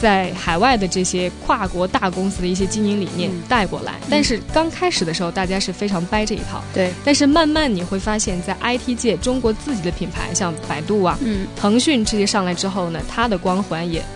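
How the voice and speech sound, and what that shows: Fluent, conversational Mandarin on business and tech brands, with brief listener interjections and no pauses; ordinary speech.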